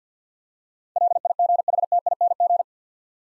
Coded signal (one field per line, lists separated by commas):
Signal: Morse code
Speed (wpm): 50 wpm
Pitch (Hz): 700 Hz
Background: none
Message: LIGHTING